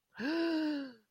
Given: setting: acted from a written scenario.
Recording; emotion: vocal sound without words; negative surprise